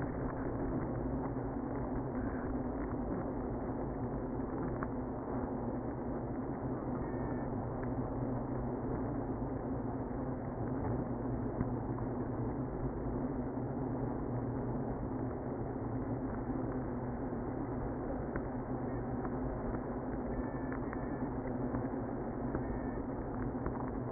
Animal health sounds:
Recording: honeybee colony, microphone inside the hive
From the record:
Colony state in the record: queenless (queen removed)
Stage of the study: after two queens were removed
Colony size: about 60,000 bees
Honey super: yes

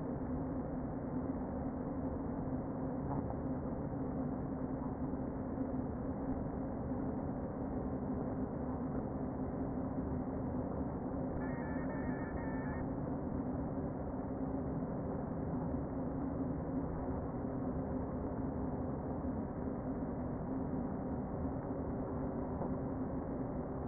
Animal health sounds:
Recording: honeybee colony, microphone inside the hive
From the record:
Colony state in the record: queen present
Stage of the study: before two queens were removed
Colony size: about 60,000 bees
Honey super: yes

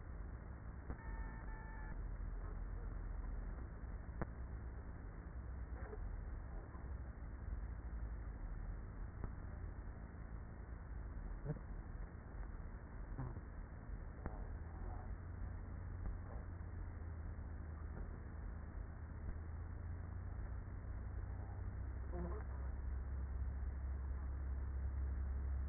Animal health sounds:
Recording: honeybee colony, microphone inside the hive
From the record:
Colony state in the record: queenless with a low population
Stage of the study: after two queens were removed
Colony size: about 30,000 bees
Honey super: no

